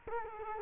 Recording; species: mosquito wingbeat signal from an infrared sensor; Culex quinquefasciatus